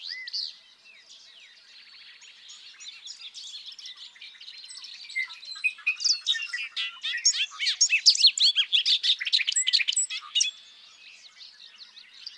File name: Bobolink